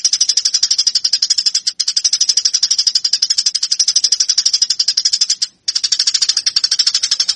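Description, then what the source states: Eurasian tree sparrow, a long, rapid, grating series of high chirps, broken by two short pauses. Fighting call used as master training audio for cage birds.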